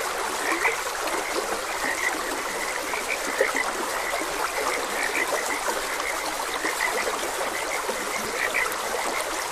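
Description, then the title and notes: Frog chorus of quick repeated croaks layered over one another without pause, with a continuous stream trickling and rushing underneath. Frogs croaking beside a gentle stream. "Gentle Stream and Frogs Croaking - Calming Sounds of Nature. Sleep and Relaxation Podcast"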